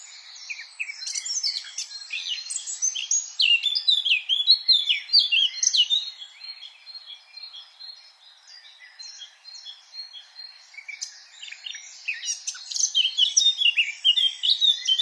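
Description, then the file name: Eurasian blackcap song: a busy, jumbled warble of quick high notes, loud at first, dropping softer in the middle, then building again. "Sylvia atricapilla"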